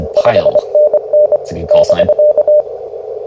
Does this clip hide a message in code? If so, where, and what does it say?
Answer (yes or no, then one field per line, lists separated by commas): yes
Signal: Morse code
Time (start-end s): 0.2-2.6 s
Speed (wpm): 24 wpm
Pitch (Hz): 600 Hz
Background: speech, radio noise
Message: 5NN <BK>